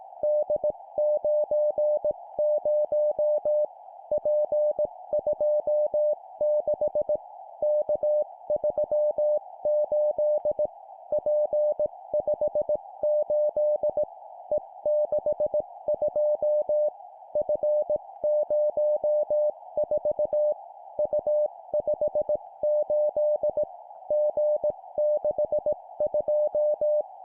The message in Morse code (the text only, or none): D90 P26 K38 P58 E62 F04 U58 G62